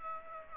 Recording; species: mosquito wingbeat signal from an infrared sensor; Aedes aegypti